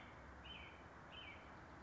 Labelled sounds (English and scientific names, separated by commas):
American Robin (Turdus migratorius)